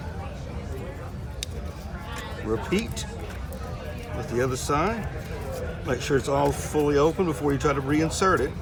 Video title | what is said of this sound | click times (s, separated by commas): Saab Original Parts Trionic heat and vibration reduction kit installation | until you hear that snap | 1.4 s